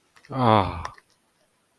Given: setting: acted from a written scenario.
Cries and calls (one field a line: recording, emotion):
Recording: vocal sound without words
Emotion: relief